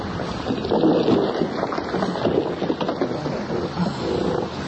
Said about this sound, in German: Da, der Baumstamm hat das Boot gerammt. Es stürzt ab.